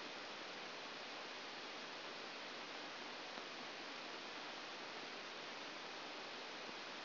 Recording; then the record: brain microelectrode recording played as sound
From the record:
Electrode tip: outside the subthalamic nucleus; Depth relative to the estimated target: -4 mm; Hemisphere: right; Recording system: AlphaMap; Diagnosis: Parkinson's disease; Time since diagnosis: 7 years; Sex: female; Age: 56 years